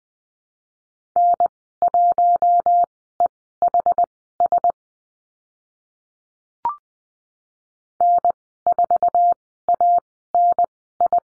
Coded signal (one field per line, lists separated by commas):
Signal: Morse code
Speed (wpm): 20 wpm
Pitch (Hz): 700 Hz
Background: none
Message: N1EHS N4ANI